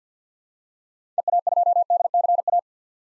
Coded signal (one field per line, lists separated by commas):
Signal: Morse code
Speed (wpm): 50 wpm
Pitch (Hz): 700 Hz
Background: none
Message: EA2DCA